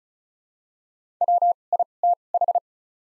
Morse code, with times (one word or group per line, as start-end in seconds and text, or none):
1.2-1.5 W
1.7-1.8 I
2.0-2.1 T
2.3-2.6 H